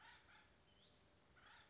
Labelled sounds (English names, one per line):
Acorn Woodpecker